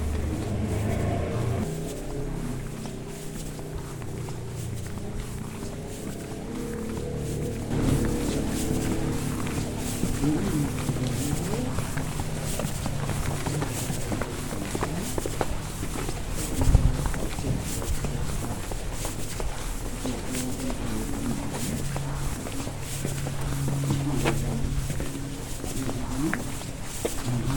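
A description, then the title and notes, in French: A sound walk through Cadaquès: a steady outdoor bed of low rumble with voices and footsteps mixed in. Around eight seconds the scene thickens with more clatter and movement, a sharp knock near seventeen seconds, and a low hum lingering through the second half. Balade à Cadaquès. Juste une ballade sonore à cadaquès.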